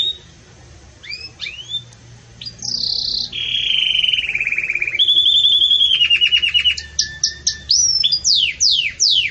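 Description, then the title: Canary song with scattered rising and falling whistles leading into long rapid trills at different pitches, then a closing series of quick downslurred chirps. Pure campainha song with pauses, for training. "Canto Canário Belga Campainha Puro Com Pausa Para Treinamento"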